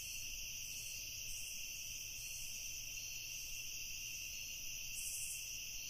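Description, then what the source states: Cricket chorus: unbroken high-pitched trilling from several insects, even and steady, over a soft low background hum. Crickets recorded at night.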